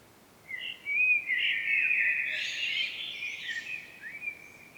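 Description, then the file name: Common blackbird giving one sustained, rich warbling phrase with high scratchy twitters woven through, fading at the end. "Turdus merula"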